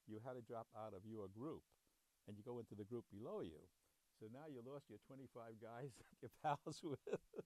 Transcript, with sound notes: You had to drop out of your group and you go into the group below you. So now you lost your 25 guys [chuckles] that you're pals with